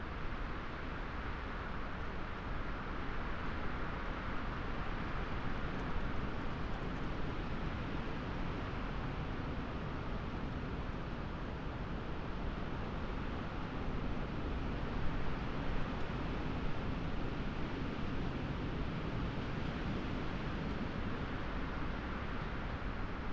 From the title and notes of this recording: Moorland forest mid winter gales. Twilight's coming. To be half way up a lonely Peak District moor, off the puddled track, looking down, into a mixed plantation of tall murmuring trees. Scots pine and spruce. Away from the holly tree, and the microphone box that we carefully tied and angled, so it could be an ear witness of this forest, in winter gales, before the storm.